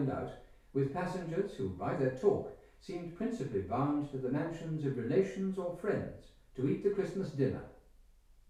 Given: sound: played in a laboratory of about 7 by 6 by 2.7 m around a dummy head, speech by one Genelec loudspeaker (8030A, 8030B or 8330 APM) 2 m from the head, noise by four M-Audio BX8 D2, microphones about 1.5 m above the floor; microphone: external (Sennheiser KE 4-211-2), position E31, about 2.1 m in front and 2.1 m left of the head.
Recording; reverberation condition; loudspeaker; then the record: male speech in English; medium; in front (0 degrees)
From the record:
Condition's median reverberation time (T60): about 510 ms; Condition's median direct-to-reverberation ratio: about -0.5 dB